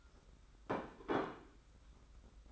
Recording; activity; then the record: daily activity, microphone in the room; place plate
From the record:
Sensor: 3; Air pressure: 991.8 hPa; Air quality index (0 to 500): 181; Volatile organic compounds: 1000 ppm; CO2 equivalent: 6045 ppm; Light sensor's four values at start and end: 33/97/40/35 and 30/91/37/33